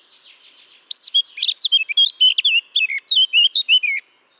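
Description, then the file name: Eurasian blackcap song, a quiet warble leading into a loud series of clear, fluty whistled notes, ending abruptly. "Sylvia atricapilla"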